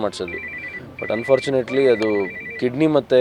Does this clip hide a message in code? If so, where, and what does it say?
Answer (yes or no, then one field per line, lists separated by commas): no